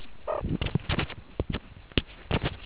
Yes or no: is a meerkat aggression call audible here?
no